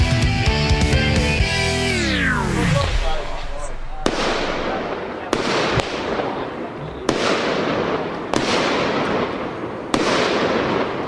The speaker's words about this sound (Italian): Tra quelli non sono spari, sono fuochi d'artificio, fuochi pirotecnici, Posillipo, Brasile, per celebrare la vittoria di Pardo alla schedina settimanale.